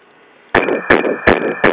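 After a half second of faint hiss, rapid regular whooshing pulses begin at about 160 a minute. This is a fetal heartbeat at seven weeks of pregnancy.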